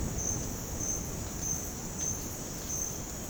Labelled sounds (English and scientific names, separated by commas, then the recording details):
none
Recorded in dense forest near Puerto Asís, Putumayo, Colombia, on 30 June 2025 at 08:30
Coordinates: 0.486, -76.317
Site G065